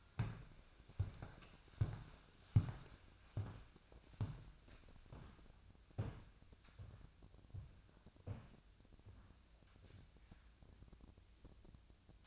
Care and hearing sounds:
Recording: daily activity, microphone in the room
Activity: walk to room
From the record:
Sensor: 2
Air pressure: 999.8 hPa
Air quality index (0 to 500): 117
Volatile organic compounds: 2 ppm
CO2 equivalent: 1014 ppm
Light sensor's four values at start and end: 32/75/34/38 and 33/77/35/39

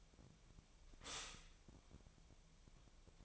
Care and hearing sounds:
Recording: daily activity, microphone in the room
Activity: stop toaster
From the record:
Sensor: 1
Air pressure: 1002.0 hPa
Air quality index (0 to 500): 240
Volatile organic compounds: 45 ppm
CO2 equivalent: 3223 ppm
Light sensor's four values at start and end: 10/35/12/14 and 10/35/12/14

